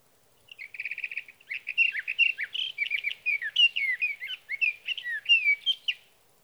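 Sage thrasher song opening with a fast rattling trill, then a long sustained flow of varied warbled and slurred notes for about five seconds.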